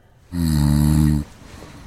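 A single loud, low, buzzing snore from an adult partner who snores, picked up by a microphone placed in the bed. It lasts just under a second, with a steady rumbling pitch and a slight flutter, rises sharply and stops abruptly, followed by quiet room noise. This is typical snoring during an inhaled breath in sleep.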